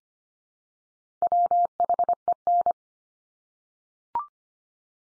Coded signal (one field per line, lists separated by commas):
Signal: Morse code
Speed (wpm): 25 wpm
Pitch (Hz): 700 Hz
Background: none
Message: WHEN